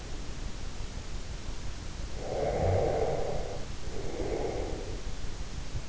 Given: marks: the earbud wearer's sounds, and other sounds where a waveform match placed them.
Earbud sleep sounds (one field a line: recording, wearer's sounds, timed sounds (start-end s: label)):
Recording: sounds in sleep by an in-ear microphone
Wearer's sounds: breath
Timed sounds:
2.15-5.07 s: breath